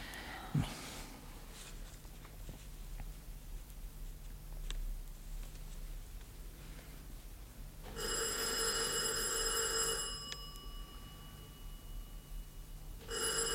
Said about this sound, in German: Donnerwetter, was der Kerl für einen Lärm macht. Am Ende hat er schon früher geläutet und wir haben es gar nicht gemerkt.